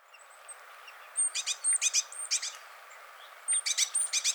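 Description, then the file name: Great tit calls: thin high notes followed by groups of harsh, buzzy chattering notes, repeated in two bursts with a short pause between them. "Parus major"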